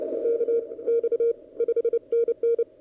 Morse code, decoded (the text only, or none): K X 5NN